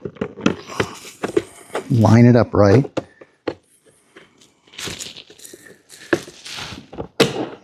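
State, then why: Seated. Side mirror glass with an LED indicator on a Tesla Model Y is lined up and pressed onto the mirror motor housing while someone talks, with light handling knocks and rustles throughout. It snaps into place with a sharp click at 6.1 seconds, and the glass is seated.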